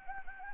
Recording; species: mosquito wingbeat signal from an infrared sensor; Anopheles gambiae